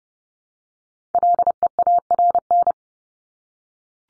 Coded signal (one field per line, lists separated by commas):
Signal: Morse code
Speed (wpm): 30 wpm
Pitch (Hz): 700 Hz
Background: none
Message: LEARN